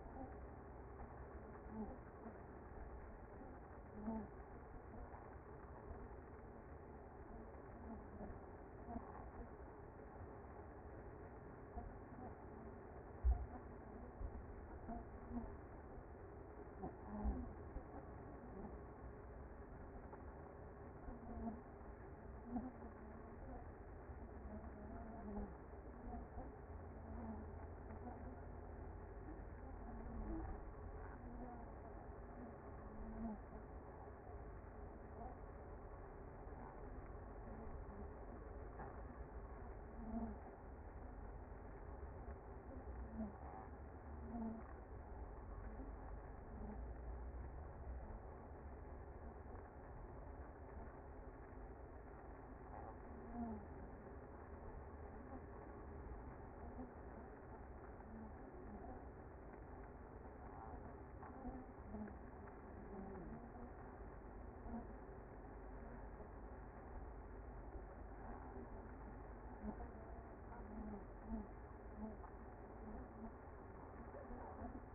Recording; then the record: honeybee colony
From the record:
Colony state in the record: active